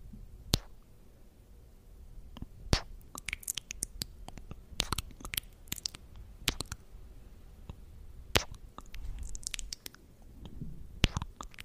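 Little kisses: sharp wet smacks and pops land irregularly, several per second in bursts, with louder ones near the start, around three, eight and eleven seconds. Soft squishy mouth noises and breathy rustle fill the gaps.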